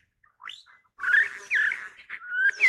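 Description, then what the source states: Lyrebird song with a brief rising whistle, then loud buzzy, electronic-sounding phrases and sliding whistles following in quick succession. Male mimicking the high-speed electronic buzzing song of a satin bowerbird; Australian gum tree forest, morning.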